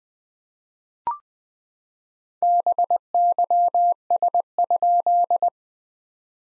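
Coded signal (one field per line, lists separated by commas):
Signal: Morse code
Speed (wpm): 20 wpm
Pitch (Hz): 700 Hz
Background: none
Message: BYS?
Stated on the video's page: SOTA QSO practice at 20 wpm: each exchange sent in Morse, then spoken, then sent again in Morse.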